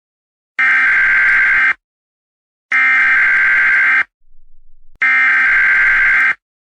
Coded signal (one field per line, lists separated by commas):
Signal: Emergency Alert System (SAME) tones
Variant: header bursts